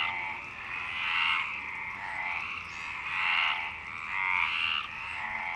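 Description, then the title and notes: Frogs croak in a few long, buzzy rattling bursts, each lasting around a second, with softer calling between. Frogs in Parc Longchamp, Marseille, Provence-Alpes-Côte d'Azur, France, 26 March 2011 at 19:35, recorded with a MixPre-6 and Basic UCHO. "Marseille, Provence-Alpes-Côte d'Azur, France - 26_03_11_19_35 Longchamps_004 grenouilles. Grenouilles au parc de Longchamp"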